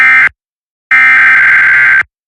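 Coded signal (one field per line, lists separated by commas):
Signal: Emergency Alert System (SAME) tones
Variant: header bursts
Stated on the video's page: Weekly test tones, a recreation credited to another producer's station products.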